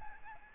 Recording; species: mosquito wingbeat signal from an infrared sensor; Aedes albopictus